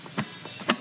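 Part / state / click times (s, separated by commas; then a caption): folding lid stay locking into a plastic motorcycle top box / seated / 0.7 s. A plastic motorcycle top box lid is closed, and its folding stay swings straight into place. A softer knock at about 0.2 s is followed by a sharp click at 0.7 s as the stay locks into place, and someone talks.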